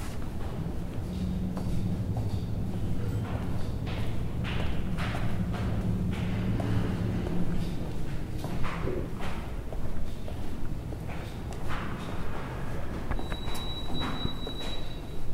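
Walking through a downtown campus, a steady low rumble of traffic with scattered knocks and thuds, and a thin high whine near the end.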